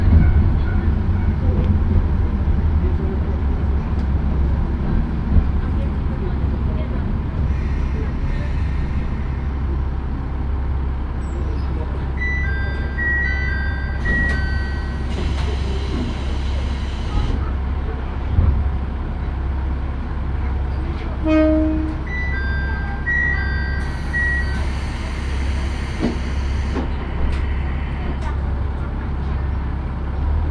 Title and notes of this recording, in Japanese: 明知鉄道 明智→恵那。１両のレールバスは子供連れや高校生もいるなど一杯で予想外のにぎわいでした。